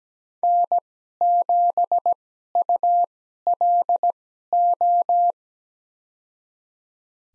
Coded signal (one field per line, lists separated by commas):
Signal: Morse code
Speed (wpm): 17 wpm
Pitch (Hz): 700 Hz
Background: none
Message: N7ULO